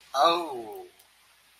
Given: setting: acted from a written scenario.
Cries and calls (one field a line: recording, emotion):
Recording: vocal sound without words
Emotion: realization